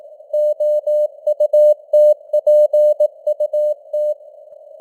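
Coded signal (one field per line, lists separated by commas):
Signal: Morse code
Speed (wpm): 18 wpm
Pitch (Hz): 600 Hz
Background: none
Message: OUTPUT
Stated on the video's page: Computer-generated Morse news headlines at 18 wpm with simulated radio noise and varying signal strength (QSB).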